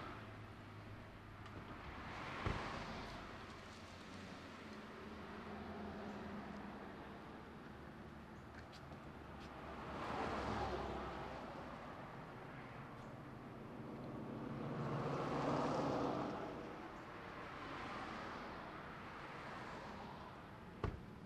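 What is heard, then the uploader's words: Passing cars at a bus stop on North Tryon and Hilo Drive, with a steady low traffic rumble underneath. Vehicles swell past around 2, 10, and 15–18 seconds, and a couple of sharp clicks or knocks stand out near 2.5 and 21 seconds. A bus stop on North Tryon and Hilo Drive. A variety of passing cars, and the bus.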